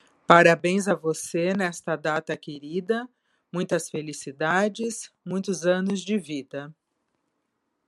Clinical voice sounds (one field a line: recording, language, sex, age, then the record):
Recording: short text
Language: Brazilian Portuguese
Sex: female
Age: 50 to 59 years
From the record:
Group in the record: control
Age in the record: 57 years